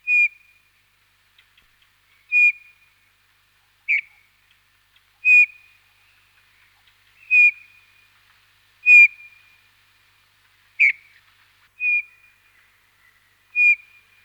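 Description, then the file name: Eurasian bullfinch repeating a plaintive, low piping whistle, each note brief, given every one to two seconds or so over a quiet background. Recorded in winter. "Jean C Roch Pierre Palengat - Hiver bouvreuil pivoine"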